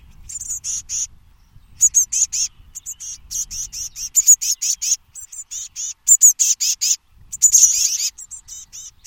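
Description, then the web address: Bird uttering dense runs of high, thin chirps in rapid bursts, nearly continuous with brief pauses, over faint low background noise. "birddata Bird Only"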